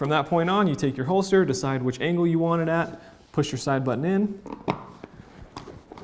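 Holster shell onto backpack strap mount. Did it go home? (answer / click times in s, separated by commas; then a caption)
yes / 5.6 s. Someone talks while holding the side release button of a plastic holster shell and pushing it onto a backpack strap mount at the chosen angle. The shell locks onto the mount with a click at 5.6 seconds, and it is seated.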